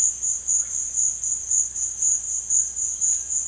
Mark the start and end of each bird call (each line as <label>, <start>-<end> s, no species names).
bird call, 0.51-0.79 s
bird call, 1.48-3.47 s